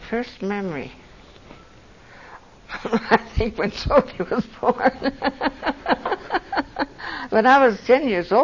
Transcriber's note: laughs